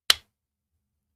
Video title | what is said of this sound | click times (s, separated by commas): Facebook 💩 it's pants today - Mining Market Signal 🔴LIVE | or standoffs that hold the raspberry pi into place you can hear it kind of pop into place there | 0.1 s